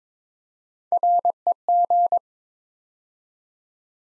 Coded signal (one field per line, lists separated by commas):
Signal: Morse code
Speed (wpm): 22 wpm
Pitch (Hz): 700 Hz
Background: none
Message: REG